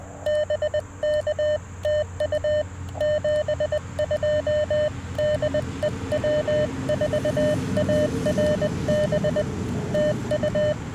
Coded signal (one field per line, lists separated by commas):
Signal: Morse code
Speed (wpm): 20 wpm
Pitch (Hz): 590 Hz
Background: none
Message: BK TU 72 DE W4ARB TU